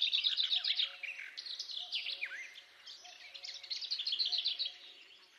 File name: Fauvette babillarde